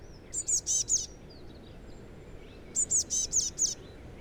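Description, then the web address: Eurasian blue tit giving two clear bursts of several high, rapid notes, separated by a couple of seconds of quiet hiss. "SETE data Cyanistes caeruleus"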